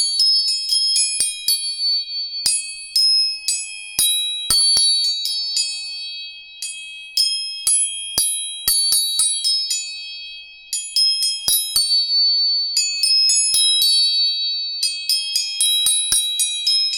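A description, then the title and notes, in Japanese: Tuning forks are struck again and again in quick bursts, each tap a bright metallic ping that rings on as a steady high tone underneath. The strikes come in clusters with short pauses around six, ten and fourteen seconds, clear against a silent background. 音叉チューニング全体性。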